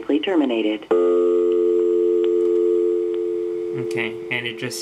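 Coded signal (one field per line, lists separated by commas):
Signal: telephone call progress tone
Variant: North America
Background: speech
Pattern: dial tone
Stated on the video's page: Toll coin call tones from A.C.T.S. and CoinZone, using Expanded In-Band Signaling over Feature Group C coin trunks, demonstrated on a demo line.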